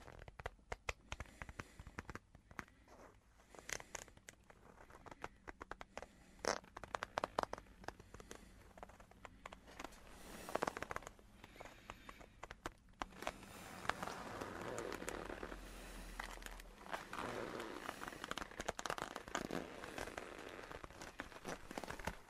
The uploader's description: the gentle sounds of his leather coat and a beautiful land octopus